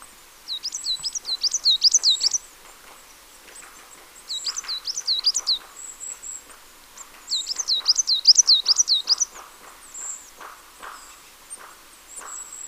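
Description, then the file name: Marsh tit repeating bright, high looping notes in three fast bursts roughly every three to four seconds, with soft ticking between runs. "Poecile palustris"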